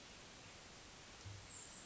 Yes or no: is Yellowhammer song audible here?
no